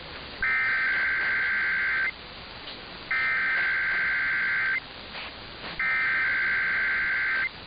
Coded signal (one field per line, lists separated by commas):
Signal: Emergency Alert System (SAME) tones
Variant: header bursts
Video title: The Test Show Episode 12: Melbournes Unexpected Return & Alert Ready Day - 11/15/2023